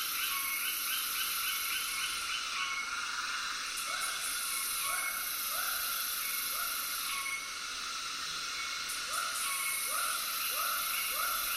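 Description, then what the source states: Frogs giving short rising croaks in loose series over a dense, steady cicada drone with high buzzing bands throughout. Tropical soundscape with cicadas and frogs calling together.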